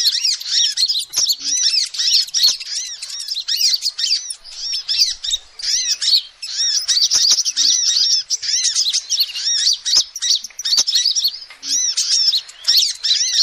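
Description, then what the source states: Lovebirds chattering almost nonstop, shrill squeaks and twittering chirps with occasional clicks and brief breaks. Used as a lure call to trap lovebirds.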